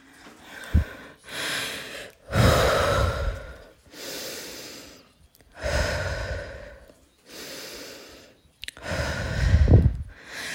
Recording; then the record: deep breathing after running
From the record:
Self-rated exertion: vigorous exertion (4 of 6); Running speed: 6 miles an hour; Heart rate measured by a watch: 90 beats a minute at the start, 92 at the end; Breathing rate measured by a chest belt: 31 breaths a minute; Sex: female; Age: 18 years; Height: 171 cm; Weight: 75 kg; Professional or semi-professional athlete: no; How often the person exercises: 1 to 2 times a week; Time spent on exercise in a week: under 1 hour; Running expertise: no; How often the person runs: 1 to 2 times a week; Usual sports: running, fencing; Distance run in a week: 3 km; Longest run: 21.3 km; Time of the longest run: 190 minutes